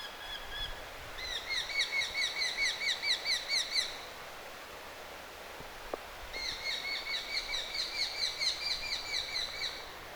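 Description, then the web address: Eurasian hobby fledgling calls come in two bursts of rapid, ringing notes, each lasting a few seconds, separated by a short pause with a single click. Fledglings calling, 23 August 2025. "23 8 2025 nuolihaukan lentopoikasten aantelya"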